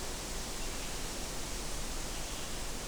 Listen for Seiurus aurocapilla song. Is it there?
no